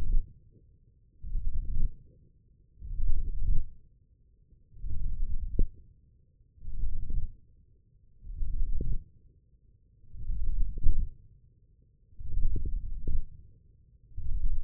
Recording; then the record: forearm muscle sounds (acoustic myography)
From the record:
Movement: radial deviation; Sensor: system 1, eight BSWA MPA416 microphones around the upper forearm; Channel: 5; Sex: male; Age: 20 years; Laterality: left